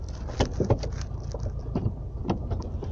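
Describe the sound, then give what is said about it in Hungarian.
A car engine drones with a deep, steady, tractor-like rumble throughout, while scattered short clicks and rattles pop up over the low roar. “Úgy zúgtad a traktor, az autó, mint a traktor.”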